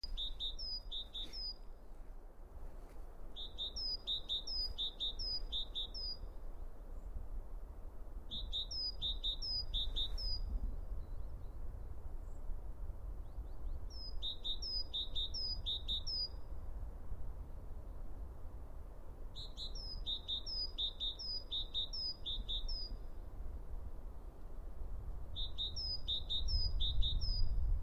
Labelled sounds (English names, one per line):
Great Tit song